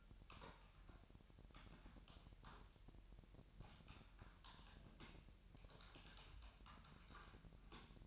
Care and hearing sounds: daily activity, microphone in the room; typing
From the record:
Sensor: 2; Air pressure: 1001.9 hPa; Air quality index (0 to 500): 248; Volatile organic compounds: 39 ppm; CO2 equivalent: 3129 ppm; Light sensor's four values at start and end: 11/36/13/14 and 11/36/13/14

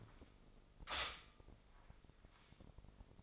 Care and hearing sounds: daily activity, microphone in the room; stop toaster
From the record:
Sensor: 5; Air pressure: 995.3 hPa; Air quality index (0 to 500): 107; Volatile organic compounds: 8 ppm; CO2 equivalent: 2065 ppm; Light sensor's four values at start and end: 35/84/34/34 and 35/84/34/34

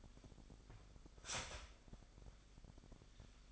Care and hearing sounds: daily activity, microphone in the room; start toaster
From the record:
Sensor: 5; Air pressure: 1002.0 hPa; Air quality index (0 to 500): 203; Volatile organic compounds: 18 ppm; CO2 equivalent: 2622 ppm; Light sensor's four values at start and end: 34/110/42/45 and 34/110/42/45

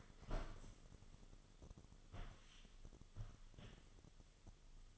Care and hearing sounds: daily activity, microphone in the room; stand up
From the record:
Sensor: 4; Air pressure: 1005.9 hPa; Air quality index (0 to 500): 90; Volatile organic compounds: 2 ppm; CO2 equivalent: 1113 ppm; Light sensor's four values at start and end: 13/29/11/10 and 13/29/11/10

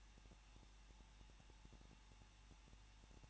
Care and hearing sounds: daily activity, microphone in the room; no activity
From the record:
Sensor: 1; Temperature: 20.1 degrees Celsius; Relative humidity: 39.2%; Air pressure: 1006.3 hPa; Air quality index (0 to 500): 218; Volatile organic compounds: 77 ppm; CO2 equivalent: 3580 ppm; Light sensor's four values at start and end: 1/2/1/1 and 1/2/1/1

